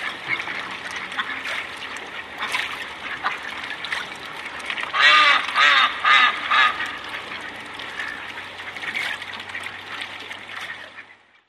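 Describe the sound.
Ducks giving loud raspy quacks, several birds overlapping in rapid runs that swell to a noisy burst midway, then thin out and fade.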